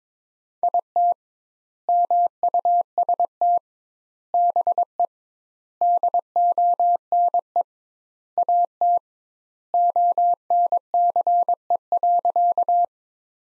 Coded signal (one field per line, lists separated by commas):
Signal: Morse code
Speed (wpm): 21 wpm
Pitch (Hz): 700 Hz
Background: none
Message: IT MUST BE DONE AT ONCE.